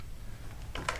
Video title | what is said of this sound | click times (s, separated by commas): How To Rotate the Combo Trigger of Newborn's 860 Series | sliding this up and I simply slide it up till it locks into place | 0.9 s